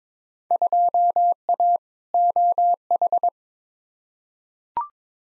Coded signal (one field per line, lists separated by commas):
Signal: Morse code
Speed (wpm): 22 wpm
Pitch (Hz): 700 Hz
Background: none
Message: 2A OH